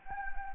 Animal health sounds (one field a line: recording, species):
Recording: mosquito wingbeat signal from an infrared sensor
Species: Anopheles gambiae